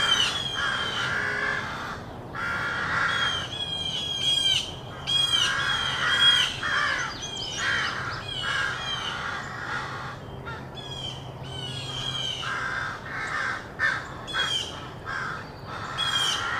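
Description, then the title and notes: Crows cawing raucously in a long series of harsh bursts, with short squawks and chirps from other birds mixed in and a faint low traffic drone. Rowdy crows cawing loudly in treetops of an urban park just after sunrise, with other birds and morning traffic audible. "Field Recording: The Wild and Raucous Sounds of Crows Cawing in the Treetops. a field recording of rowdy crows loudly cawing in the treetops amidst the sounds of other birds -- and since this was recorded in an urban park -- also you may hear the sounds of morning traffic"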